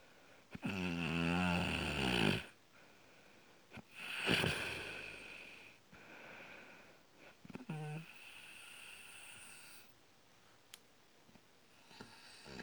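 Loud, rattling, buzzy snores from an adult come on the breath in, about every three to four seconds, with quieter heavy breathing between them. This is heavy snoring, a vibration of the soft tissues of the throat during sleep.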